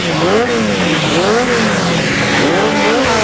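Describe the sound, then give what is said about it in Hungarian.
A loud motorcycle engine revs repeatedly in a radio advert for Amargó motor, a Suzuki dealership and service, its growling pitch climbing and dropping in several waves over a continuous roar, with no voices. “Amargó motor Suzuki márka kereskedés és szerviz.”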